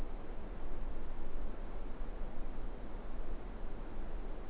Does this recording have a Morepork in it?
no